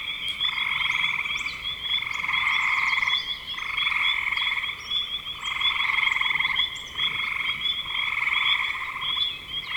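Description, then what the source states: Frogs giving long buzzing trills that swell and break in rhythmic bursts, a constant overlapping chorus throughout. Frogs in spring 2025.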